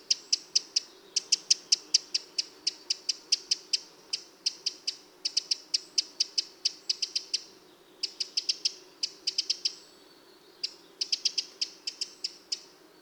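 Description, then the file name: Eurasian wren giving hard, dry ticking calls in rapid series, several per second, in bursts separated by short pauses, with a faint low background hum. "Troglodytes troglodytes"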